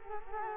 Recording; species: mosquito wingbeat signal from an infrared sensor; Culex quinquefasciatus